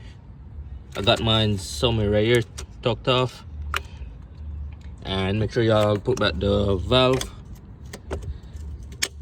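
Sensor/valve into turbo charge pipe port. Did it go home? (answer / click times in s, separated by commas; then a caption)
yes / 9.0 s. Someone talks while refitting the valve/sensor into its port on a new custom 3-inch charge pipe of a BMW F10 535i engine, with small handling taps and rattles in between. A sharp click at 9.0 s marks the valve/sensor seating into the charge pipe.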